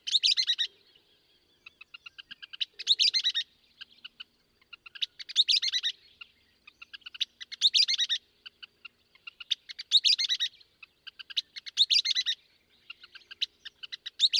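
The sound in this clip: Western kingbird giving bright, squeaky chattering bursts roughly every two seconds, separated by scattered single kip notes.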